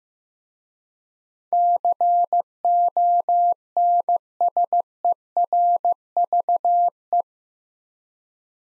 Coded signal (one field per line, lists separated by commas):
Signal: Morse code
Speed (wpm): 15 wpm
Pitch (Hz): 700 Hz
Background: none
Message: CONSERVE